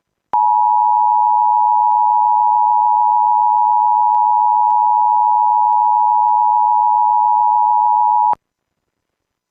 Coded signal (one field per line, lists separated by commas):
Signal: Emergency Alert System (SAME) tones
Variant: 853 and 960 Hz attention tone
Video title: Severe Thunderstorm Warning | EAS #544